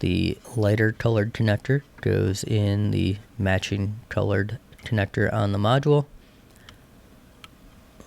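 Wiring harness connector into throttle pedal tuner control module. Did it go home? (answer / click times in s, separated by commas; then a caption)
yes / 7.4 s. A lighter-colored wiring harness connector is pushed into the matching colored socket on a throttle pedal tuner control module for a Volkswagen MK7 Golf R/GTI. Someone talks for the first six seconds, then small ticks follow in the quiet, with the connector clicking into place and locking at 7.4 s.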